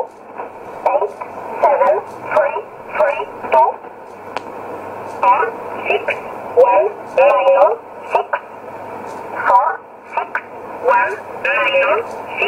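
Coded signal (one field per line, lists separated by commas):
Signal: numbers station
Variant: E11 Oblique, English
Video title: 12 08 2017 Numbers station E11 Oblique in English to Eu 0811 on 9079 in USB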